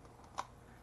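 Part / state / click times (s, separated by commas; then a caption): cap onto plastic oil spray bottle / seated / 0.4 s. The plastic cap of a Ngecors plastic oil spray bottle is pushed onto the bottle and turned until its small locking tabs engage. After a faint tick near the start, one short, sharp click sounds at 0.4 s as the cap locks on.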